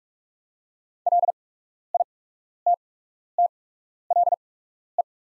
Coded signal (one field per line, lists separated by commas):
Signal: Morse code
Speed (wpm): 48 wpm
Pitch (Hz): 700 Hz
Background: none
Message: LITTLE